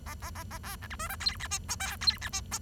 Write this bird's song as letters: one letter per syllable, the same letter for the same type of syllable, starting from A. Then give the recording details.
A A A A B C D E F G H I J K G H I J. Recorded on 23 June 2012 at 11:05. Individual gr41rd51